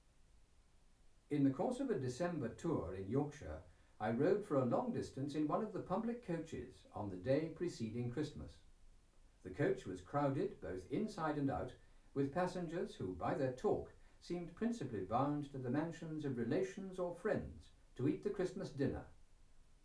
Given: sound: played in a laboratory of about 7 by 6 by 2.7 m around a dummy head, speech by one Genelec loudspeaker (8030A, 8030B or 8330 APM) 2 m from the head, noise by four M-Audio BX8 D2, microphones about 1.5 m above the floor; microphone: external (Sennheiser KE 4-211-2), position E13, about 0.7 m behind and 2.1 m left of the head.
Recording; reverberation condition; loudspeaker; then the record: male speech in English; low; 30 degrees to the left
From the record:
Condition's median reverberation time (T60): about 310 ms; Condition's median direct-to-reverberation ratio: about 3.5 dB